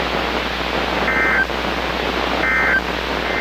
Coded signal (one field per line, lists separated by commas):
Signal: Emergency Alert System (SAME) tones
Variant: end-of-message bursts